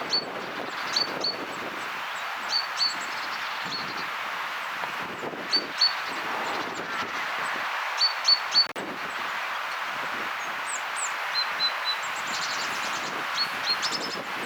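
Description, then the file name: Great tit calls: brief high paired notes repeated at uneven intervals over constant background hiss and low rumble. "Parus major"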